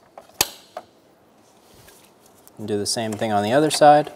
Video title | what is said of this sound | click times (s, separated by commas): How to Replace Grille Trim Molding 2012-2016 Subaru Impreza | and they will kind of Click into place | 0.4 s